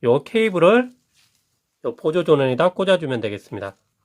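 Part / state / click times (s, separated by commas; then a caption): CPU auxiliary power cable into motherboard header / not seated / none. Someone talks while the CPU 8-pin auxiliary power cable is brought to the motherboard's auxiliary power header, in a build with an Intel 12th-gen i7-12700, an AK620 CPU cooler and a DarkFlash DK1000 case. The only other sound is a faint, brief tick during a pause. The connector has not seated or clicked yet.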